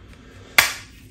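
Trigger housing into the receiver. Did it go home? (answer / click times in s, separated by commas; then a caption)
yes / 0.6 s. An H&K MP5 trigger housing is pushed down and as far forward as possible into the receiver until it clicks into place. A single sharp metal click is heard at 0.6 s, fading out over about a quarter second. The trigger housing is seated in the receiver.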